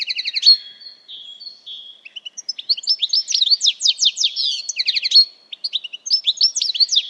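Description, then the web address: Bird with a varied song: opening whistles, then a long stream of rapid, clipped chirps and twitters. "Deverinetal"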